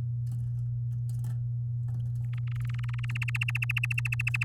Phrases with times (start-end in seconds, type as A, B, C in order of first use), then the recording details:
2.33-3.17 A, 3.21-4.44 B. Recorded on 8 May 2018 at 05:37. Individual llb16